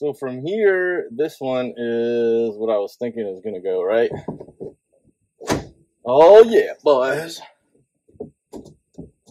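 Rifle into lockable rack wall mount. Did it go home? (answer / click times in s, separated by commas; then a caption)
yes / 8.2 s. Someone talks while pushing an AR rifle into a lockable wall mount on a MESO Customs Hex Rack in the cab of a 2017 Toyota Tacoma. A sharp hit sounds at 8.2 s as the rifle locks into the mount, and it is seated and locked into place.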